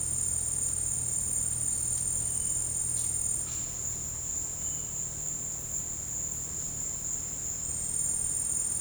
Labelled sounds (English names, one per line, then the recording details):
none
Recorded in secondary vegetation near Puerto Asís, Putumayo, Colombia, on 19 March 2025 at 16:00
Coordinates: 0.502, -76.326
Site G100